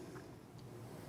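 A plastic connector housing for a Beckhoff motor connector is held and turned to show its front and back sides, lining up its notch before it is slid onto the connector insert. Only a steady low background hum and a couple of faint, brief handling rustles are heard. Nothing has seated or clicked yet.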